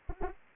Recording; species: mosquito wingbeat signal from an infrared sensor; Anopheles arabiensis